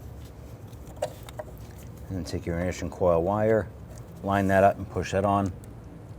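Someone talks while a wire harness connector is lined up and pushed onto the end ignition coil of a 4.7L V8 in a 1999-2004 Jeep Grand Cherokee during a valve cover gasket replacement, with a few faint handling taps near 1.0 to 1.4 s. The connector has not clicked or seated yet by the end of the clip.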